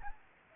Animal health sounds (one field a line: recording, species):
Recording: mosquito wingbeat signal from an infrared sensor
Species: Anopheles arabiensis